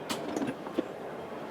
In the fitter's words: Tomikawa: When you pull the wheelchair on top of the hook, it clicks into place.